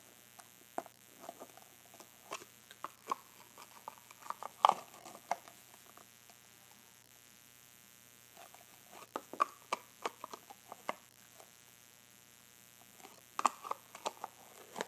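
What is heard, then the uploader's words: Someone handles a jewelry box, with small clicks, taps and light rattling clustered in bursts around the start, the middle and near the end. Quieter gaps between the bursts leave a steady low hum running underneath throughout. Opening and Closing my Box of Jewelry.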